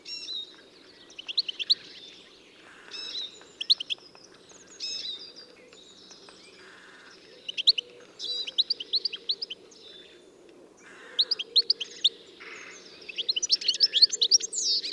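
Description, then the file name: European goldfinch twitter: bursts of quick high chirps and tinkling notes come in uneven groups, with short quiet gaps between them. "Carduelis carduelis"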